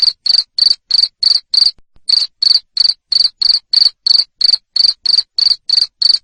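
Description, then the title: Cricket chirp sequence: sharp, rasping pulses in quick regular succession, interrupted by one short pause early on. Loud cricket chirping used to stimulate lovebirds into continuous chattering song. "Suara JANGKRIK NGERIK Keras Bikin LOVEBIRD Jadi NGEKEK Terus Vubey"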